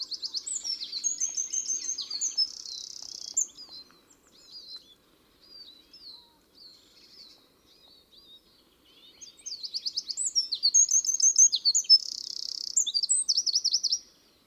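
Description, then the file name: Eurasian wren sings two bursts of rapid, piercing high notes and trills, several seconds apart, with faint chirps in the quiet gap. "Troglodytes troglodytes"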